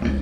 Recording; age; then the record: pig call; growing-finishing pig (85 days or more)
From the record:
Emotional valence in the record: negative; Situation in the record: barren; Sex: female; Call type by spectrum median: low-frequency call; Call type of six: low-frequency stable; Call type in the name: low-frequency stable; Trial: 3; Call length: 0.22 s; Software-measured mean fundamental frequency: 71 Hz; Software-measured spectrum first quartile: 100 Hz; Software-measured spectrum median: 216 Hz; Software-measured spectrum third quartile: 452 Hz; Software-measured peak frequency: 219 Hz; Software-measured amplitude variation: 119 dB a second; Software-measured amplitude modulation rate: 16.0 a second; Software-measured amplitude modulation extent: 7.4 dB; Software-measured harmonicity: -3.6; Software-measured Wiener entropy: -0.93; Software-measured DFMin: 691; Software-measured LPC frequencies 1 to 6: 1694, 2350, 3127, 4157, 5667, 8419 Hz